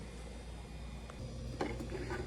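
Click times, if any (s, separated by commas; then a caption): 1.1 s, 1.6 s. A plastic ice bin door on a Manitowoc under-counter ice machine is lined up with its door frame, and the frame is spread apart so the door's pivots snap into place. Over a low steady hum, a short faint click comes at 1.1 s and a louder, sharper snap at 1.6 s as the door locks into the frame.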